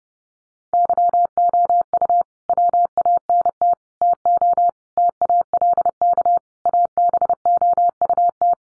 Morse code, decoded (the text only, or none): YOU WANT TO TALK ABOUT